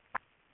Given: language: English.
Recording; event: throat vibration sensor signal played as sound; swallow